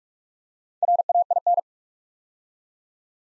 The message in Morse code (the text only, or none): RAIN